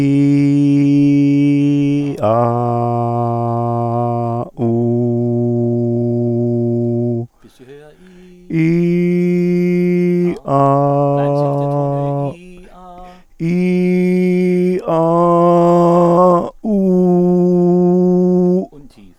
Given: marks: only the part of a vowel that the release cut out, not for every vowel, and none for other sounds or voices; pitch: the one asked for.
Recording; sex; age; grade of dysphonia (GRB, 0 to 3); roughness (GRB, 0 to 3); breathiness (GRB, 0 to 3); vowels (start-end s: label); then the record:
sustained vowels; male; 50 to 59 years; 0; 0; 0
0.00-1.93 s: vowel /i/, normal pitch
2.53-4.30 s: vowel /a/, normal pitch
4.69-5.71 s: vowel /u/, normal pitch
13.56-14.62 s: vowel /i/, high pitch
15.04-16.13 s: vowel /a/, high pitch
16.78-18.48 s: vowel /u/, high pitch
From the record:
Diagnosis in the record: psychogenic dysphonia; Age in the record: 57 years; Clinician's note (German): Mit leichter Hyperfunktion